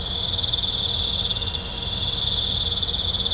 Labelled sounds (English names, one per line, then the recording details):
none
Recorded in pastures near Puerto Asís, Putumayo, Colombia, on 20 December 2024 at 19:00
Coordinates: 0.502, -76.324
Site G077